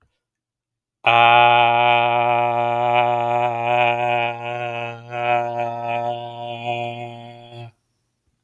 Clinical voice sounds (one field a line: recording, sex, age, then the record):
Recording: vowel held as long as possible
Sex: male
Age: 30 to 39 years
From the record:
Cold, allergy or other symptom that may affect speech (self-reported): no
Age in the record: 31 years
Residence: New Jersey, United States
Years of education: 17